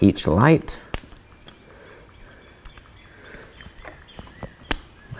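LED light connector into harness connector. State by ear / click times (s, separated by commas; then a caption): seated / 4.7 s. Someone talks briefly while plugging a grille LED light's IP68 waterproof plastic connector into the vehicle harness during a 2021–2022 Bronco Raptor grille kit installation. After a few quieter taps and handling sounds, the connector is pushed fully home and clicks into place with a sharp, loud hit at 4.7 s, seating it.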